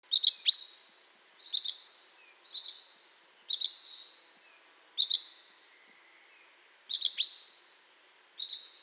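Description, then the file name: Common chaffinch uttering repeated short pinking notes in pairs and triplets, at irregular intervals of one to two seconds; background otherwise quiet. "Fringilla coelebs"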